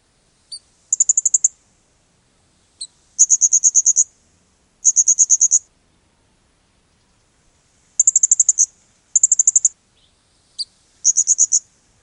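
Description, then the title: Blue-crowned hanging parrot giving very high, thin trilled bursts of several rapid notes, each phrase under a second, repeated at irregular gaps, sometimes preceded by a sharp single chip. "SERINDIT"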